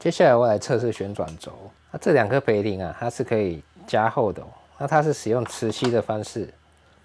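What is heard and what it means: Someone talks while handling one of the two thickenable bearing rollers on the rotary axis of an eufyMake E1 UV printer, setting it toward its magnetic mount so the axis can print directly on a vacuum bottle. Only talking is heard, with no clicks or impacts, and nothing has seated or clicked yet.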